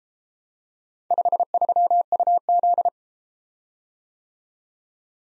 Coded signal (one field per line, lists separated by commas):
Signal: Morse code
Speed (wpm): 33 wpm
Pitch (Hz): 700 Hz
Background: none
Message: 53UZ